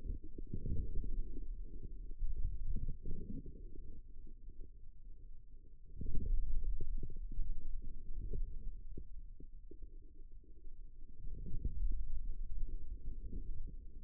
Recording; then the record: forearm muscle sounds (acoustic myography)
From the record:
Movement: outward rotation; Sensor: system 2, bracelet of six BSWA MPA416 microphones around the upper forearm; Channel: 4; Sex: male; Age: 22 years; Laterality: right